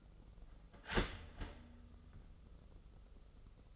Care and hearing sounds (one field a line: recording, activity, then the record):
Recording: daily activity, microphone in the room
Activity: start toaster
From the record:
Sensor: 4